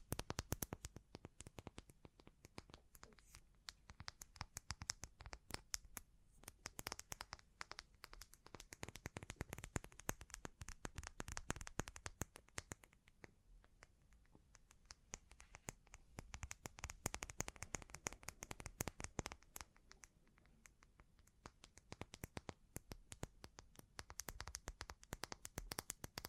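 Bling-bling triggers: a dense, nonstop stream of sharp little clicks, taps and rattles, like handled trinkets knocking together. The sounds are bright and crisp, coming in quick irregular bursts, with brief thinner spells near the middle and again around twenty seconds.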